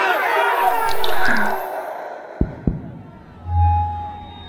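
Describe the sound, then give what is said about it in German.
A crowd roars and shouts outside in a dense, noisy swell for about two seconds, then cuts off; two sharp thumps follow, and a low steady hum rises at the end. “Hörst du nicht, was die Schweine da draußen brüllen?”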